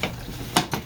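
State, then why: Seated. A strainer cover for a pool pump housing is set on at an angle and turned about an eighth of a turn. A faint tick at the start is followed by a sharp, bright click at 0.6 s and a softer click just after. The cover locks in place on the housing.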